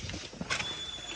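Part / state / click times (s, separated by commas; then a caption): lock of an aluminium sliding window / not seated / none. An aluminium sliding window panel is being closed so its lock can engage, giving short handling knocks, a brief sharp sound at 0.1 s, a brighter scraping burst around 0.5 to 0.6 s, and a faint steady high tone after it. Nothing has seated or locked yet when the clip ends.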